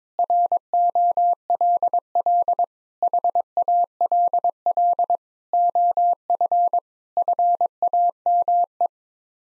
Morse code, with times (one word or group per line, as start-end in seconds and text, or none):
0.2-2.6 ROLL
3.0-5.2 HALL
5.5-6.8 OF
7.2-8.9 FAME